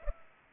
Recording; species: mosquito wingbeat signal from an infrared sensor; Culex pipiens